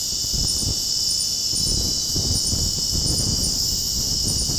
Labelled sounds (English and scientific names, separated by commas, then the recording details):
none
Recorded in secondary vegetation near Puerto Asís, Putumayo, Colombia, on 18 February 2024 at 00:30
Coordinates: 0.489, -76.322
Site G6419